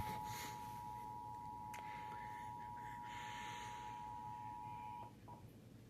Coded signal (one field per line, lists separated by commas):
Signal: Emergency Alert System (SAME) tones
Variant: 853 and 960 Hz attention tone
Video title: EAS #709 Immediate Evacuation